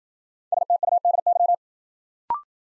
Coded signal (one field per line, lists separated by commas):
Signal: Morse code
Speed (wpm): 53 wpm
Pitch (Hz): 700 Hz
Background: none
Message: STUDY